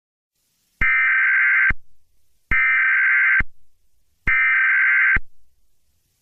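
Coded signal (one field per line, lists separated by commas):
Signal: Emergency Alert System (SAME) tones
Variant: header bursts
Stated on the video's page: Fictional Emergency Alert System scenario about a sentient fireball attacking North America.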